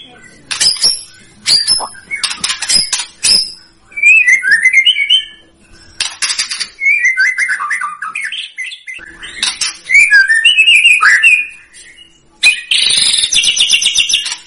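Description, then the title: White-rumped shama: songbird song: sharp high chips and rattles interspersed with mid-pitched warbled phrases that rise and fall, ending in a dense buzzy high burst. Lure recording of a strongly singing bird, meant to provoke a response. "PANCINGAN MEWAH MURAI BATU GACOR, SEKALI DENGAR AMPUH LANGSUNG RESPON"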